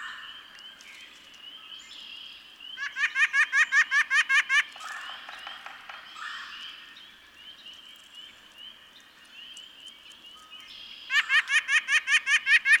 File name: White-breasted Nuthatch